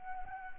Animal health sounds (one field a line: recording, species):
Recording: mosquito wingbeat signal from an infrared sensor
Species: Anopheles arabiensis